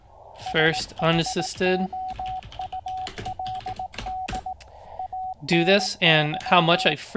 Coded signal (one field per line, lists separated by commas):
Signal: Morse code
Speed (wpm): 18 wpm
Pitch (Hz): 750 Hz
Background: speech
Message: SHOULD ANY